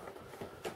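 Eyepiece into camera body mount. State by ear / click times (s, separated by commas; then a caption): seated / 0.6 s. An eyepiece is fitted to a FujiFilm GX680 II medium-format camera body: its two hooks are engaged on the body mount, and it is slid back until it locks. After soft handling noise, a short, sharp click at about 0.7 s confirms the eyepiece has seated in place.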